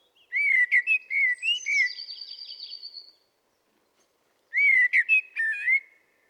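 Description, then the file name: Common blackbird song: a fluty warbled phrase running into an extended high twittering trill, then a second mellow phrase after a pause of over a second. "Turdus merula"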